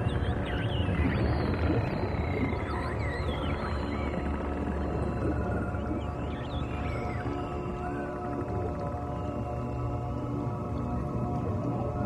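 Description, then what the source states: Dolphin whistles, high rising and falling squeals and chirps over a steady droning music bed with layered sustained tones. Dolphin sounds used in a meditation music track.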